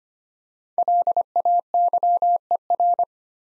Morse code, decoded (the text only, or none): LAYER